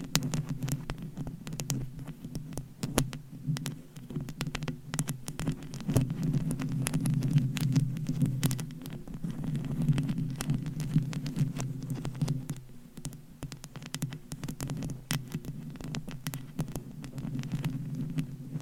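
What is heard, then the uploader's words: Dense scratching and tapping with long nails, sharp clicks and scrapes crowding together with no pauses. A steady low hum and soft throbbing run underneath the whole time, thinning briefly just before the thirteenth second before the busy clicking resumes. ASMR Scratching & Tapping for People Who Get Bored Easily No Talking for Sleep with Long Nails.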